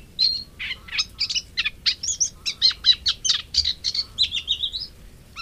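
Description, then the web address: Moustached warbler song: a quick run of varied chirping, scratchy notes, ending in a short buzzy trill. "agykontroll Madardalok Cd 3. Fülemülesitke"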